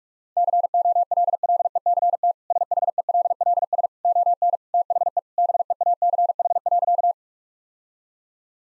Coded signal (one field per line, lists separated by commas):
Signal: Morse code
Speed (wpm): 41 wpm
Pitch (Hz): 700 Hz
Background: none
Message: COLLECT SHELLS ON THE BEACH.